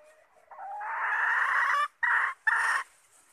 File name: tieng ga rung mai keu tim kiem ban tinh